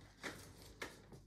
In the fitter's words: and it snaps right into place.